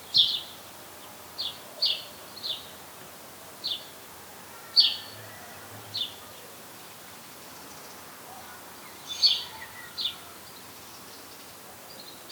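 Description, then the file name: House sparrow calls: brief, sharp high chirps repeated at irregular intervals over a soft steady background hiss. "Passer domesticus"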